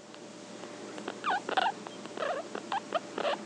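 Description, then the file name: Guinea pig making short chirpy grunts with a few brief squeaky notes, in uneven clusters over a faint hiss. Mumbling call. "Cavia porcellus mumbling"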